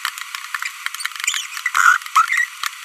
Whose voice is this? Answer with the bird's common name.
Green-rumped Parrotlet